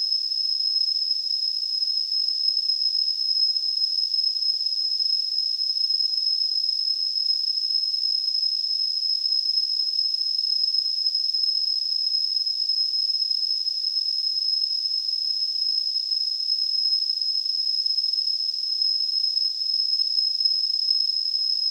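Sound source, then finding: Device-generated tinnitus sample. Tinnitus simulation.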